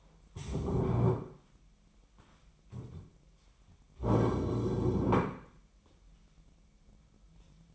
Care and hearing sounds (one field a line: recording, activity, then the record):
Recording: daily activity, microphone in the room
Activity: stand up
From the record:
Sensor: 1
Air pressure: 998.6 hPa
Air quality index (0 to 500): 120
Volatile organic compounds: 3 ppm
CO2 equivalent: 1436 ppm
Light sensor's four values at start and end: 10/23/10/11 and 10/24/10/12